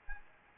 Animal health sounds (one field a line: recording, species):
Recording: mosquito wingbeat signal from an infrared sensor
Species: Aedes albopictus